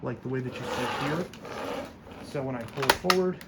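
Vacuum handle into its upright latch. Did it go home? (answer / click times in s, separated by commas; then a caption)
no / none. A Dyson Ball Total Clean/Multi-Floor/Animal (UP13) vacuum handle is being pulled forward, without force, toward its upright latch while someone talks throughout. Faint handling sounds sit under the speech, with a couple of brief sharper knocks near the end. Nothing has seated or clicked yet; the clip ends just before the handle latches into place.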